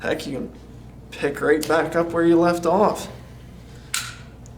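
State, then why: Seated. Someone talks, then at 3.9 s the cocking crank of a crossbow gives a sharp click as its clutch re-engages after the draw is paused mid-sequence. The crank is confirmed seated back in its engaged position.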